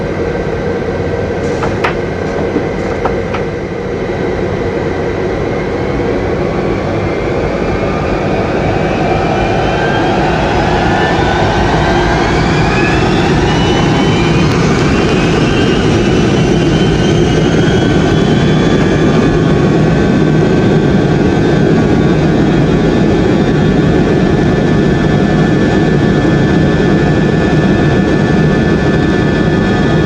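A jet airliner engine roars steadily, with a deep rumble and rising, whining tones that climb and sustain after about ten seconds.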